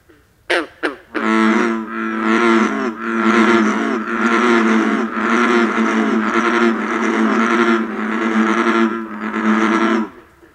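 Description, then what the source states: American bullfrog chorus: deep, droning notes with stacked harmonics, given in a run of roughly one-second calls that continues for about nine seconds after a few short opening sounds. Bullfrogs show contagious calling: males call briefly, go silent, then one starts again and the whole group soon joins in.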